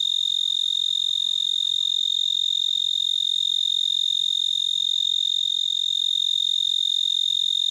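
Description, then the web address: Black-horned tree cricket giving a sustained, even, high-pitched trill throughout, with very faint soft background sounds beneath. "The Songs of Insects. Black-horned Tree Cricket"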